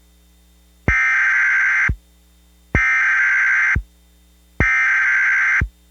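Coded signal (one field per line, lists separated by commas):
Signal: Emergency Alert System (SAME) tones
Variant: header bursts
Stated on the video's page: Fictional EAS scenario containing valid tones, not a real alert.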